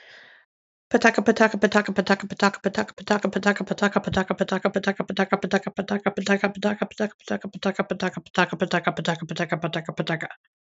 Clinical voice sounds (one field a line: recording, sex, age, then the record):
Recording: repeated syllables /pa ta ka/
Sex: female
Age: 30 to 39 years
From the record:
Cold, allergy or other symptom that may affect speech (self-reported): no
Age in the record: 38 years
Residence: United States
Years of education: 14